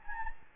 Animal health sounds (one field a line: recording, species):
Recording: mosquito wingbeat signal from an infrared sensor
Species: Anopheles gambiae